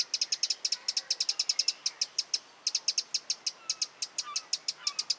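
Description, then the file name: Eurasian wren giving sharp, dry ticking calls in quick irregular runs, several per second, with brief pauses; faint thin whistles from other birds in the background. "Troglodytes troglodytes"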